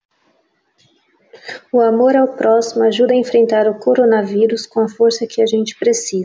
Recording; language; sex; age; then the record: spoken sentence; Brazilian Portuguese; female; 20 to 29 years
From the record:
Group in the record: control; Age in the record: 28 years